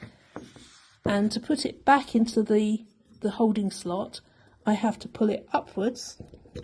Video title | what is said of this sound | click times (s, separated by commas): What Handwheel Do I Need, and How To Choose The Right One For Your Application? | And then once it's out, it locks into place. | 0.4 s